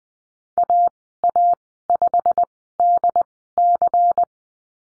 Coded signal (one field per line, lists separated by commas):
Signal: Morse code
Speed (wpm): 20 wpm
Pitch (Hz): 700 Hz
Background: none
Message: AA5DC